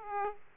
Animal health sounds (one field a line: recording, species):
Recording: mosquito wingbeat signal from an infrared sensor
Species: Aedes aegypti